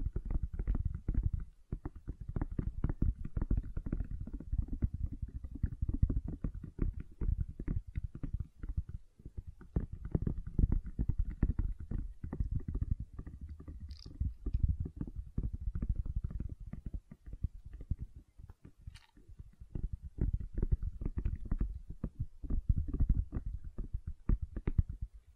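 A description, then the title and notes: Gentle silicone sounds: soft, squishy taps and squelches come in a dense, rapid flurry, low and muffled, with a faint higher rustle above. The pattern stays steady throughout, with brief lulls near two and nine seconds and a couple of light, bright clicks around fourteen and nineteen seconds. ASMR Gentle Silicon Sounds for Sleep (No Talking).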